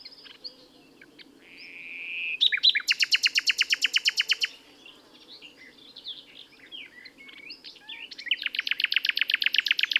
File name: Luscinia megarhynchos